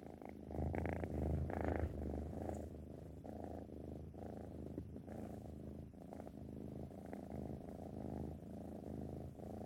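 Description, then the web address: Cat purr, continuous low vibrating rumble in rhythmic breaths, slightly louder near the start and softening later. "animal cat"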